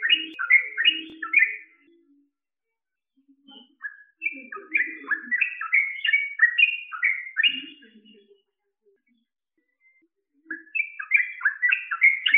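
Bird song in several bursts of rapid whistled notes separated by pauses, accompanied by soft lower chirps and scattered faint notes.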